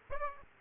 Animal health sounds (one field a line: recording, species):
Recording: mosquito wingbeat signal from an infrared sensor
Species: Aedes aegypti